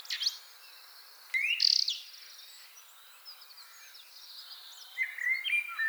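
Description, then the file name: Common blackbird song with loud high squeaky notes early on, then a quiet gap, and a fluted, mellow phrase returning near the end. "Turdus merula"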